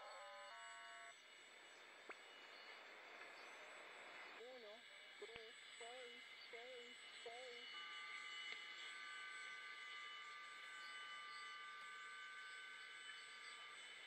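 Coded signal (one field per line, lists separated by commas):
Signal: numbers station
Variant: HM01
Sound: several steady humming tones over static, with about five short evenly spaced spoken words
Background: radio static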